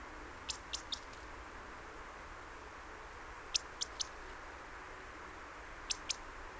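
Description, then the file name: European robin uttering crisp, high-pitched ticks in short runs of three, then a pair, separated by gaps of quiet hiss. "Erithacus rubecula"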